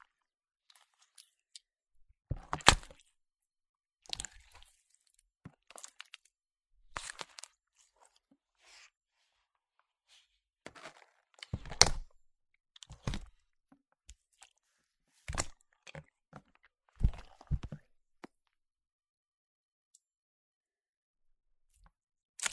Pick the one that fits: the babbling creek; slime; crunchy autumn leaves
slime